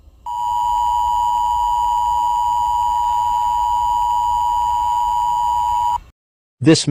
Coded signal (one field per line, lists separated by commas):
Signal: Emergency Alert System (SAME) tones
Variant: 853 and 960 Hz attention tone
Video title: EAS SCENARIO 10: Dolly E.X.E Rampage